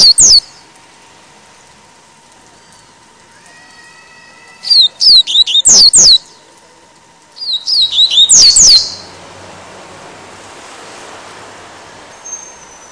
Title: Canto Coleiro